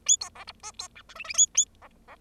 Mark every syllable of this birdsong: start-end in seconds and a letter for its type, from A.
0.06-0.17 A, 0.20-0.29 B, 0.35-0.44 C, 0.47-0.52 D, 0.63-0.72 E, 0.79-0.88 B, 0.95-1.02 F, 1.09-1.14 G, 1.15-1.24 H, 1.24-1.33 H, 1.34-1.47 A, 1.54-1.65 A, 1.81-1.88 C, 2.08-2.16 C